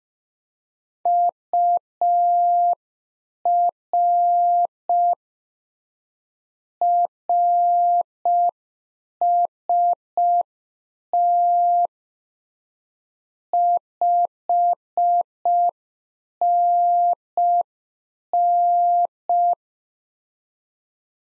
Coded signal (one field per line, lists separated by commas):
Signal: Morse code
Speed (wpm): 5 wpm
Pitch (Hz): 700 Hz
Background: none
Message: UR RST 5NN